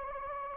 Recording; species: mosquito wingbeat signal from an infrared sensor; Anopheles gambiae